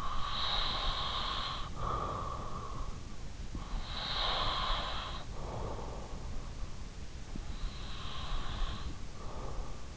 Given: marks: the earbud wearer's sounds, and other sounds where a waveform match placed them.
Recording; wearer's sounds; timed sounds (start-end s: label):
sounds in sleep by an in-ear microphone; breath
0.00-3.08 s: breath
3.88-6.57 s: breath
7.31-9.88 s: breath